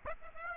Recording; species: mosquito wingbeat signal from an infrared sensor; Aedes aegypti